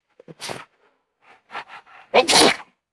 Small dog sneezing sniffling and panting.